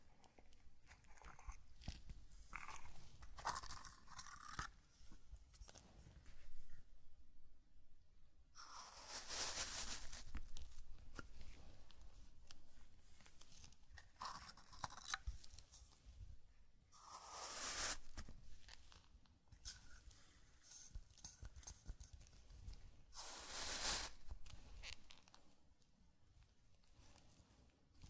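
Zen garden sounds of brushing and crinkling against sand, with soft tapping. Bright hissing sweeps rise around 9, 17 and 23 seconds, between patches of lighter rustle and scattered small crunches, with a faint low rumble underneath throughout.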